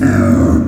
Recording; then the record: squeal of a Yucatan mini pig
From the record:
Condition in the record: after surgery on the right vocal fold (resection and tissue-engineered implant); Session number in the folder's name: 7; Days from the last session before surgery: 47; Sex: female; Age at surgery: 19 weeks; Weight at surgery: 25 kg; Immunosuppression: prednisolone